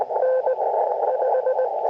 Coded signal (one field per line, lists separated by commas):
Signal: Morse code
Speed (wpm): 20 wpm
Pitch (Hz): 520 Hz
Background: radio noise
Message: N 5